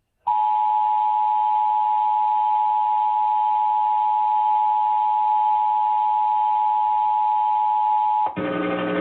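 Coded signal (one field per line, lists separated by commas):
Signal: Emergency Alert System (SAME) tones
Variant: 853 and 960 Hz attention tone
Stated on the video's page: Statewide tornado drill alert received via NOAA Weather Radio station KEC60.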